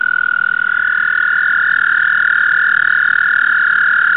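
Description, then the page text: American toad giving a long, steady, high musical trill, a continuous rapid pulsing buzz on one even pitch, held throughout without a break. "звуки амфибий - Bufo americanus"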